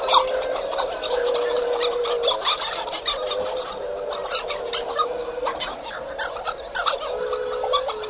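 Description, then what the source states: Hawaiian petrel chorus, drawn-out low moaning notes beneath a constant jumble of raspy, chattering calls from many birds. Loud cacophony from a colony on the island of Lanai, Hawaii; researchers use calls per minute as a measure of colony population health and growth, so louder is better.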